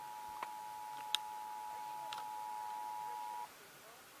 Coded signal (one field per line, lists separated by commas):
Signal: Emergency Alert System (SAME) tones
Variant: 853 and 960 Hz attention tone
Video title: EAS Capture #20: 4th of July 2017 Edition